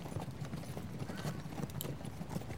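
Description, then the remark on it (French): A horse's hooves clip-clop in a steady, quick rhythm as a young man rides it away, a continuous run of hollow knocks at moderate loudness with no voices over them. “Le jeune homme, équipé convenablement par les soins de sa mère, monta son cheval et s'en alla suivi de son chien fidèle.”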